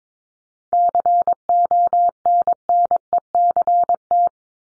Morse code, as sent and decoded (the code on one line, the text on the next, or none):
-.-. --- -. -. . -.-. -
CONNECT